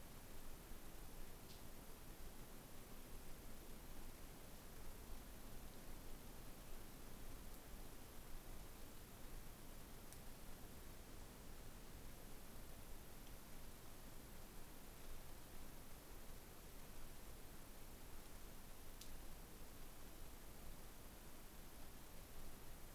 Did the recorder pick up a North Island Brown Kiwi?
no